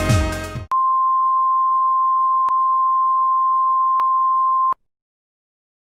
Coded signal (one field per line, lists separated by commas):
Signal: Emergency Alert System (SAME) tones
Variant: 1050 Hz attention tone